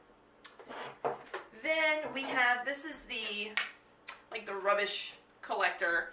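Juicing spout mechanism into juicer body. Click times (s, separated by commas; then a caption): 0.5 s, 1.3 s. A plastic mechanism carrying the juicing spout is pressed into the juicer housing and pops into place, with two short, sharp clicks at 0.5 s and 1.3 s. Someone talks throughout.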